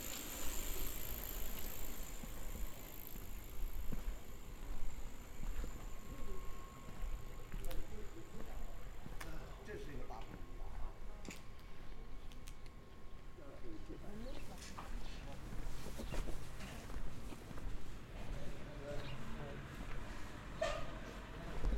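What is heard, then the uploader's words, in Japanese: Street ambience on Shinmachi-dori in Omihachiman: voices talk over a steady low rumble of traffic, with scattered clicks and knocks throughout. A faint, thin steady tone holds from about 5 to 15 seconds, and a high, quiet whine lingers early on. Omihachiman, Shinmanchi, 新町通り。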